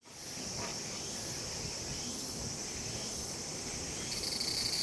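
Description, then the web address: Cicada giving a steady high buzzing hiss, continuous throughout, with a thinner tone joining near the end. Long sci-fi sounding cicada call recorded in a cemetery in Tokyo, Japan. "Lynne Music 2 Insect Call Circada Sci Fi Sounding Long Tokyo Japan Cemetary"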